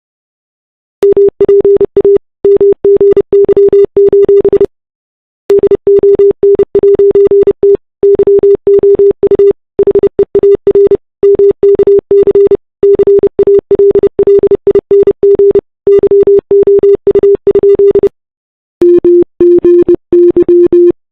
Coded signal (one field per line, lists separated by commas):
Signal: Morse code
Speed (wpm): 28 wpm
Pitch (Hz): 340 Hz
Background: none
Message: MPA MGY: DON'T YOU HEAR MKC CALLING YOU? MGY